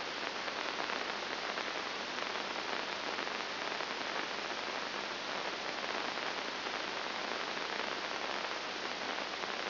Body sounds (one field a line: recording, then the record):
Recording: brain microelectrode recording played as sound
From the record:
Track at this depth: inside the subthalamic nucleus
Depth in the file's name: 1.904 mm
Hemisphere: left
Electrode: 2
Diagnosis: Parkinson's disease